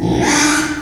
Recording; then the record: squeal of a Yucatan mini pig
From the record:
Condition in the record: after surgery on the right vocal fold (resection and tissue-engineered implant); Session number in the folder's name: 3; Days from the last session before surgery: 33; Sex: male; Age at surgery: 12 weeks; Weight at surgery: 13 kg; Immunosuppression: cyclosporine, prednisolone